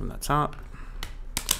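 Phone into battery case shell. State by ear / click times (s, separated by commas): seated / 1.4 s, 1.5 s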